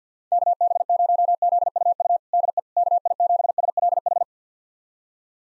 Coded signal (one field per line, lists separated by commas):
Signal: Morse code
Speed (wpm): 50 wpm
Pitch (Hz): 700 Hz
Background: none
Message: KB0ZUU DE KI7SLH